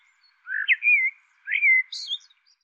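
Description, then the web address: Bird giving two slurred whistles that rise then fall, followed by a short, high, buzzy chirp. "cianscape birddata Deverinetal 2025 File cleaned normalized Bird Tu Me Tu Me"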